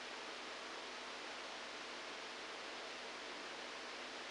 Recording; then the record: brain microelectrode recording played as sound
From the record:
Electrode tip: outside the subthalamic nucleus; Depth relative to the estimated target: 0 mm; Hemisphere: right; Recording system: NeuroSet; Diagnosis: Parkinson's disease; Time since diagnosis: 7 years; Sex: male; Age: 69 years